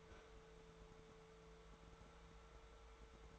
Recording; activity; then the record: daily activity, microphone in the room; open fridge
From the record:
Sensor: 3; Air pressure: 1014.8 hPa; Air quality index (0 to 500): 197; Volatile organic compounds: 26 ppm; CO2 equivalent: 2872 ppm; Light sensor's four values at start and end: 39/98/42/45 and 39/98/42/45